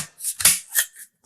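A second rechargeable battery is pushed into the other battery slot of a Nitecore Cinewind portable hair fan. A soft rustle builds into a sharp click at 0.4 s and a louder snap at 0.5 s, followed by fainter handling noise. The battery snaps home and is seated.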